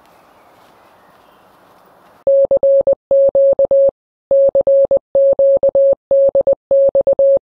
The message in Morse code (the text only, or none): CQ CQ DX